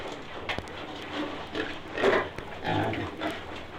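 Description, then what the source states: Pigs grunting in short overlapping bursts, loudest near the middle, with a few clicks and knocks. Pigs and piglets together.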